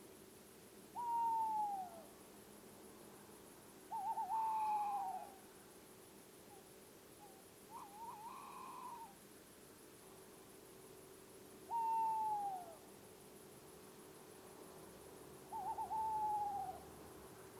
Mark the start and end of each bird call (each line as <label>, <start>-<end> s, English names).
Tawny Owl, 0.86-2.14 s
Tawny Owl, 3.80-5.46 s
Tawny Owl, 7.57-9.29 s
Tawny Owl, 11.57-12.85 s
Tawny Owl, 15.44-16.89 s